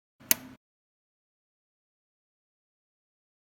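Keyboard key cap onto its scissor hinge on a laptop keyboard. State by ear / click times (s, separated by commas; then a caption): seated / 0.3 s. A small plastic key cap on an Apple MacBook Pro laptop keyboard is aligned over its scissor hinge and pushed down. A brief rustle is followed by a sharp snap at 0.3 s, then silence. The key cap seats onto the hinge.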